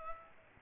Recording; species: mosquito wingbeat signal from an infrared sensor; Aedes albopictus